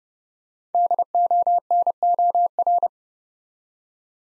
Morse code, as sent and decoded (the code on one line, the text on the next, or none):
-.. --- -. --- .-.
DONOR